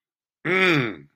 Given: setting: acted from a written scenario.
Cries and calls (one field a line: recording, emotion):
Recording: vocal sound without words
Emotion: triumph